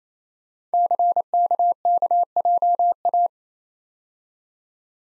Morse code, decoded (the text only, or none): CKKJA